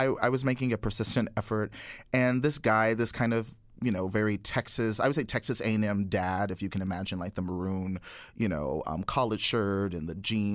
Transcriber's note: none